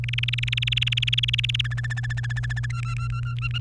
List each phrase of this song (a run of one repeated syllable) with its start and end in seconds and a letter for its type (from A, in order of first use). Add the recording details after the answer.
0.04-1.61 A, 1.64-2.66 B, 2.70-3.58 C. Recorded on 1 May 2018 at 11:31. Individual llb3